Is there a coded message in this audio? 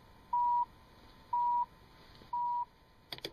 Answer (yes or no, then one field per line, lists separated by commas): no